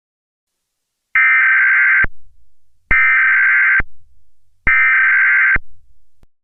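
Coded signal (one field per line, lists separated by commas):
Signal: Emergency Alert System (SAME) tones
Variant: header bursts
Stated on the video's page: Fictional EAS alert tones in an analog horror scenario.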